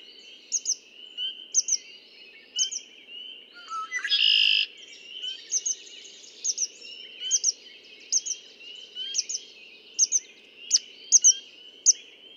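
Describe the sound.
Red-winged blackbird song: one harsh, buzzy trill about four seconds in, set against repeated thin high chips and a steady, dense background chorus of other birds.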